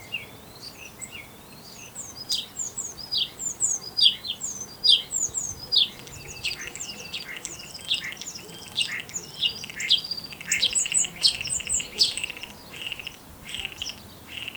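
Common starling song: a fast, continuous jumble of varied whistles, clicks, squeaks and chirps, rising and falling in rapid succession without pause for about fourteen seconds.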